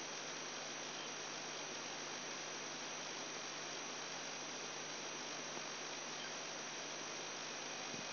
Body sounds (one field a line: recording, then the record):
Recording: brain microelectrode recording played as sound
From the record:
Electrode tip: outside the subthalamic nucleus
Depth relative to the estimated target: -4 mm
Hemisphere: right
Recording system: AlphaMap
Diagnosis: Parkinson's disease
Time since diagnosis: 10 years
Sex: male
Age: 58 years